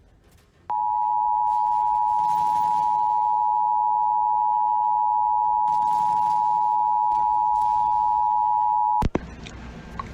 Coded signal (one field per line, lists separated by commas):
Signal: Emergency Alert System (SAME) tones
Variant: 853 and 960 Hz attention tone